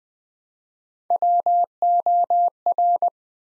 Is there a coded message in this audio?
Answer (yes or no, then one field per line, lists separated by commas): yes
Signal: Morse code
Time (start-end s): 1.1-3.1 s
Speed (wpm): 20 wpm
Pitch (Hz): 700 Hz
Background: none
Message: WOR